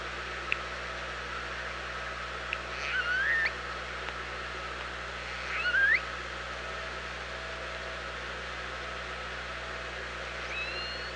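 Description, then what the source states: Orca calls, two short rising calls about two and a half seconds apart, a faint high whistle near the end, over underwater hiss with occasional clicks. OrcaLab, 24 August 2017, about 07:44.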